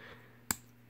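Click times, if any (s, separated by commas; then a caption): 0.5 s. A plastic leg piece of a Transformers Hunt for the Decepticons Deluxe Terradive figure is folded onto a small peg during transformation. A single sharp click at 0.5 s shows it has seated, over a quiet background hum.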